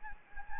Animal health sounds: mosquito wingbeat signal from an infrared sensor; Anopheles gambiae

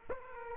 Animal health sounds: mosquito wingbeat signal from an infrared sensor; Aedes aegypti

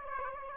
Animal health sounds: mosquito wingbeat signal from an infrared sensor; Aedes aegypti

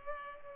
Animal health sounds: mosquito wingbeat signal from an infrared sensor; Culex pipiens

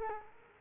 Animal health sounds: mosquito wingbeat signal from an infrared sensor; Culex quinquefasciatus

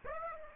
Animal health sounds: mosquito wingbeat signal from an infrared sensor; Aedes aegypti

